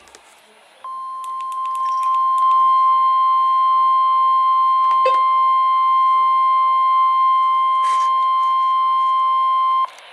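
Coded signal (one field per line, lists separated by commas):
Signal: Emergency Alert System (SAME) tones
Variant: 1050 Hz attention tone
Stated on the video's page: Flash flood warning from the Brownsville, Texas weather service office.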